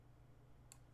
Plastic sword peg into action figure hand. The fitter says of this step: extend the peg out of the sword and pops right in there I just